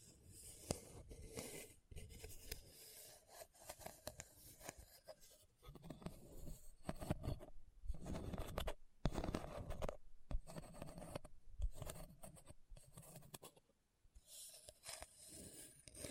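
Rough scratching across a hard, bumpy surface comes in dense, uneven bursts with brief pauses, gritty strokes scraping throughout, quieting near fourteen seconds.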